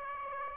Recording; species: mosquito wingbeat signal from an infrared sensor; Aedes aegypti